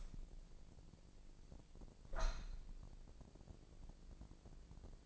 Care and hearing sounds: daily activity, microphone in the room; open window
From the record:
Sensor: 5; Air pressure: 1012.4 hPa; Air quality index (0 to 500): 158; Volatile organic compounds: 2 ppm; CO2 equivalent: 1070 ppm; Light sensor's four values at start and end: 111/267/113/125 and 111/267/113/125

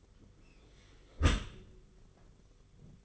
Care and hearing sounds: daily activity, microphone in the room; close dishwasher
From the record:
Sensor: 4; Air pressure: 991.3 hPa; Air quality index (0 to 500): 159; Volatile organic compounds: 136 ppm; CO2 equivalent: 3958 ppm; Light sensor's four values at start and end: 22/74/27/28 and 22/74/27/28

